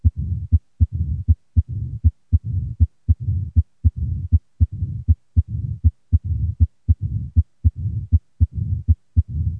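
Regular heartbeat near 79 per minute, with sharp heart sounds separated by a low rumbling murmur: mitral stenosis.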